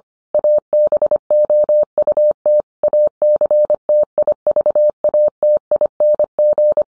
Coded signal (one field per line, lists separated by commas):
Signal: Morse code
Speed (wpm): 25 wpm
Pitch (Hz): 600 Hz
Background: none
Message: ABOUT ACTIVATING